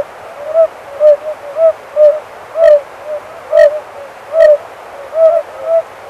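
Oriental fire-bellied toad calls, several soft hollow notes in an uneven series, with occasional faint clicks.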